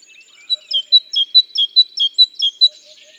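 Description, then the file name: Great tit song, a ringing two-note phrase alternating high and slightly lower, repeated several times in a quick even rhythm; soft low notes faintly behind. "Parus major"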